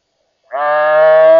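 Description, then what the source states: Deer bleat, a single sustained, steady-pitched tone with rich harmonics, starting abruptly and holding level for about a second. Bleat of a doe.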